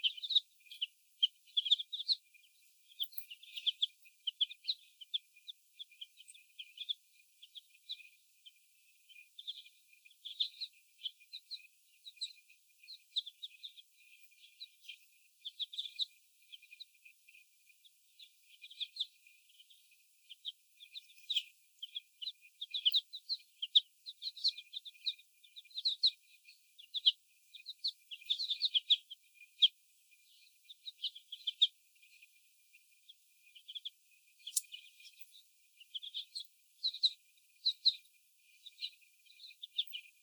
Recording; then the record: young laying hens in a cage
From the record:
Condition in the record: before the stressor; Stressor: sudden umbrella opening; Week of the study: 1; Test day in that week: 1